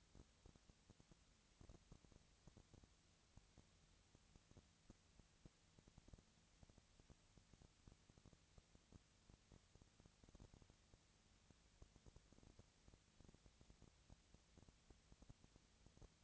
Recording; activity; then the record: daily activity, microphone in the room; no activity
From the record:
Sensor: 3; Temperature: 20.6 degrees Celsius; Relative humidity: 35.7%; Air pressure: 998.8 hPa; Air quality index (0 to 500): 235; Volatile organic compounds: 71 ppm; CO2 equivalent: 3526 ppm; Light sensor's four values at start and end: 2/3/2/2 and 2/3/2/2